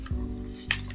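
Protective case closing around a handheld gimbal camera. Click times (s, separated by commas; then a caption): 0.7 s. A hinged handband protective case is closed around a DJI Osmo Pocket 3 handheld gimbal camera after its two buttons are fitted, over a steady low hum with a faint tap near 0.1 s. A sharp snap at 0.7 s marks the case clicking shut and seated, followed by a soft knock near the end.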